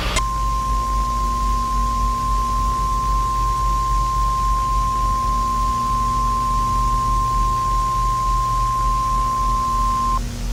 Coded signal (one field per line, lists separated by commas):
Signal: Emergency Alert System (SAME) tones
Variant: 1050 Hz attention tone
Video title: The dallas EF8-eas scenario mock￼